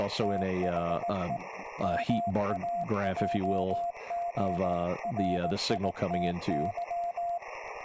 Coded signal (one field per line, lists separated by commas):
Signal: Morse code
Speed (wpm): 18 wpm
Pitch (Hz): 690 Hz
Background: speech, radio noise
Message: THE MAJORITY